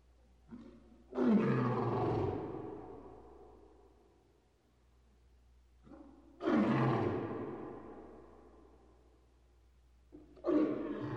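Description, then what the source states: Big cat giving three heavy, rasping roars several seconds apart, each starting with a short grunt, rising abruptly and then slowly fading, the last cut off at the end. Big cat roaring in a cage.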